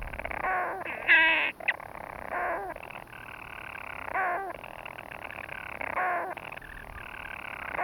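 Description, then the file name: European storm petrel churring without pause, interrupted by a loud hiccup early and then by softer falling breaks every one to two seconds. "Storm Petrel (Hydrobates pelagicus)"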